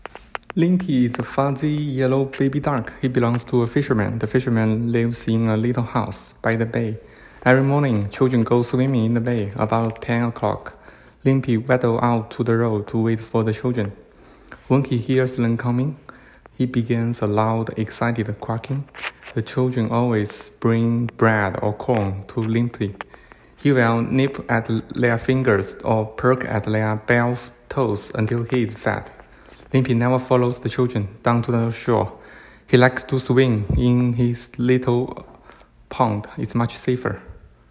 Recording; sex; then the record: reading aloud after running; male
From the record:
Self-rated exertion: light exertion (2 of 6); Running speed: 8 miles an hour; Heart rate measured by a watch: 101 beats a minute at the start, 99 at the end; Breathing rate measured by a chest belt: 18 breaths a minute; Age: 37 years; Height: 174 cm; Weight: 76 kg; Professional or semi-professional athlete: no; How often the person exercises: over 5 times a week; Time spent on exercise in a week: over 5 hours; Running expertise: yes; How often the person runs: 3 to 5 times a week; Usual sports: running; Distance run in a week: 70 km